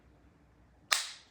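A tool is clamped onto a wheel axle and covered, then the axle cap is clipped so it pops off. After a quiet background, one sharp, bright snap rings out at 0.9 s and fades over about a third of a second. The cap is released and the wheel comes out.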